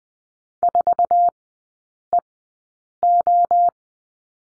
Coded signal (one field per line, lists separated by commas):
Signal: Morse code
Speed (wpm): 20 wpm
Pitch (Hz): 700 Hz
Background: none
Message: 4EO